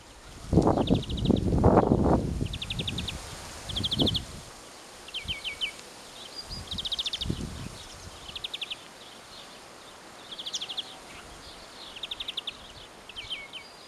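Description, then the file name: European greenfinch calls: short rapid rattling trills repeated throughout, with loud low rumbling and rustling noise in the first few seconds. "Chloris chloris"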